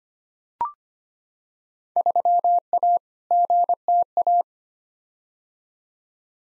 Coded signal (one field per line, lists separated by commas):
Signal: Morse code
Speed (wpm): 25 wpm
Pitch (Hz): 700 Hz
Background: none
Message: 3A GTA